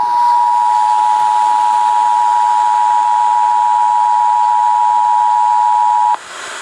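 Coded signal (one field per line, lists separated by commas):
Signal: Emergency Alert System (SAME) tones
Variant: 853 and 960 Hz attention tone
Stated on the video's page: Valid EAS/SAME tones of Virginia's Required Monthly Test, captured from FM radio stations and an Ion TV station with an old camcorder.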